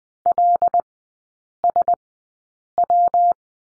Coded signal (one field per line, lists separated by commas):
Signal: Morse code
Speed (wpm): 20 wpm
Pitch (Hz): 700 Hz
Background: none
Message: LSW